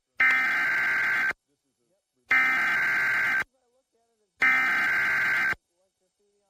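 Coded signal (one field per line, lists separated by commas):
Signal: Emergency Alert System (SAME) tones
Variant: header bursts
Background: speech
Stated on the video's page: Real severe thunderstorm warning relayed on a digital TV subchannel; valid EAS tones.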